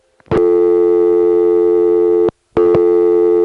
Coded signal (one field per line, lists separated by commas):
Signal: telephone call progress tone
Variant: North America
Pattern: dial tone